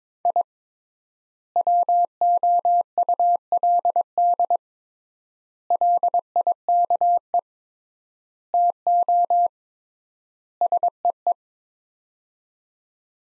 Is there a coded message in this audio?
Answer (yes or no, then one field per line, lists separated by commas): yes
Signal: Morse code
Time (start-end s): 0.3-11.3 s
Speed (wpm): 22 wpm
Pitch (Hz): 700 Hz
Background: none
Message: I WOULD LIKE TO SEE